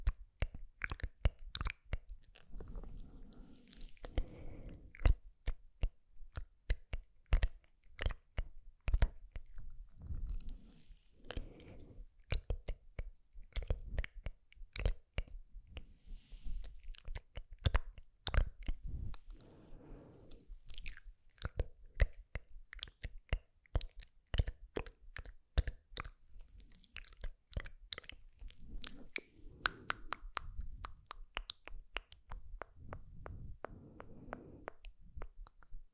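Slow, gentle mouth sounds: soft chewing and crunching with dense, irregular clicks and smacks running throughout the 36 seconds. Low, muffled swells of wetter sound rise and fade every few seconds, around 3, 11, 19 and 30 seconds.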